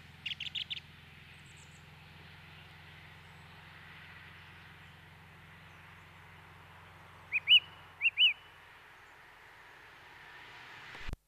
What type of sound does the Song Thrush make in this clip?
song